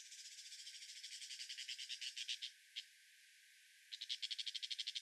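Brown shrike rattling chatter, a long harsh pulsed burst that builds in strength, a single isolated note, a pause, then another fast rasping series.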